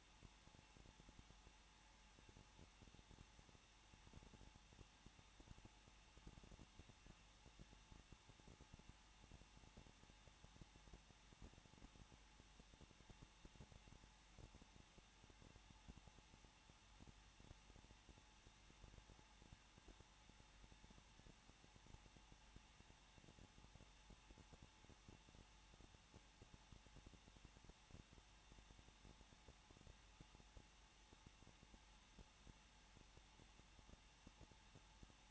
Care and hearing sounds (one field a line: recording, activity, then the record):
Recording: daily activity, microphone in the room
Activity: no activity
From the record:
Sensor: 1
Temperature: 20.1 degrees Celsius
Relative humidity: 39.2%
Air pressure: 1006.3 hPa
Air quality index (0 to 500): 218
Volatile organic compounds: 78 ppm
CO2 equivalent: 3589 ppm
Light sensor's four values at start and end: 1/2/1/1 and 1/2/1/1